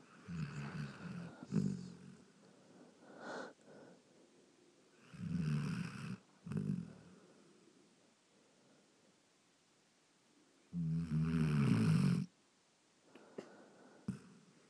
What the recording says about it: This is my partner's guide dog. It's only 2 years old, and it's snoring like that.